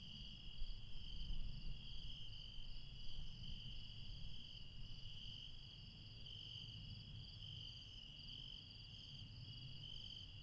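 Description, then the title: Insects keep up a continuous high trilling chorus over a louder low rumbling background that swells and fades at the start. Insects late at night in the mountains at Refuge Krevatia, Barbala, Dion, Greece. "Refuge Krevatia, Μπαρμπαλά, Dion 601 00, Greece - Late night mountain insects"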